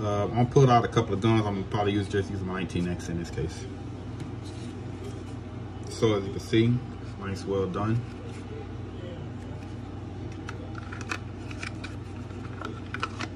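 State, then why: Not seated. Someone talks while handling a Glock 19X pistol and a molded kydex holster, with a steady low hum in the background. A few short, sharp taps come near the end, at about 11.1, 11.6, 12.9 and 13.0 seconds. The pistol has not yet been pushed home, and nothing has snapped into the holster's retention.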